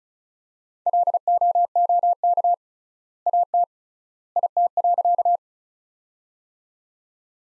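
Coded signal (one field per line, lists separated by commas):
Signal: Morse code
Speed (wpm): 36 wpm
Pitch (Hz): 700 Hz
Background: none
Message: LOOK AT IT.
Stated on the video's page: Practice sentences built from the top 100 words, sent at 35 wpm with three times standard word spacing, a word-based analogue of Farnsworth spacing.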